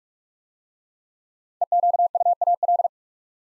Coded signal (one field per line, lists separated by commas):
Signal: Morse code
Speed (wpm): 44 wpm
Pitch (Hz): 700 Hz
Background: none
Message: EQUAL